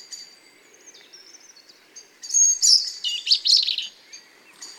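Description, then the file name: European robin singing a high, sweet, tumbling phrase of thin whistles and rapid twitters after a quiet start. "Erithacus rubecula"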